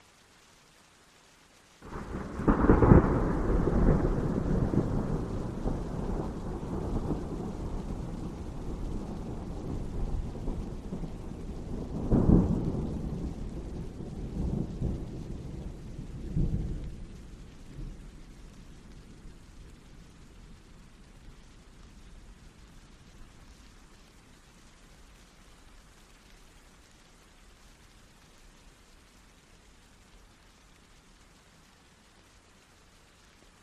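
Rain with a sudden rolling thunderclap after two seconds, more rumbles near twelve and sixteen seconds, then fading to soft steady hiss.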